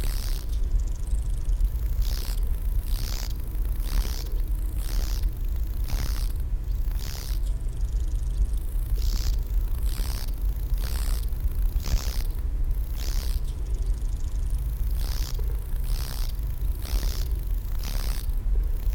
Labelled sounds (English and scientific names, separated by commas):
Lesser Marsh Grasshopper (Chorthippus albomarginatus) stridulation